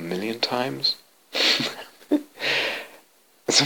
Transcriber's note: laughs